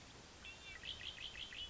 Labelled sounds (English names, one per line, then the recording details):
Red-winged Blackbird
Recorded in Sonoma County, California